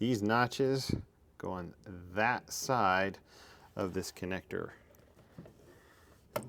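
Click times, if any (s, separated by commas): 6.4 s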